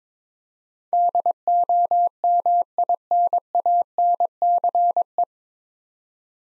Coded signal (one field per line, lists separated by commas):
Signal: Morse code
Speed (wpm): 22 wpm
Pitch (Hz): 700 Hz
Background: none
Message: DOMINANCE